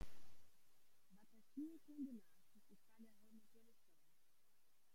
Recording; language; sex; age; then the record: short text; Brazilian Portuguese; female; 30 to 39 years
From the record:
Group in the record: control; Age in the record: 36 years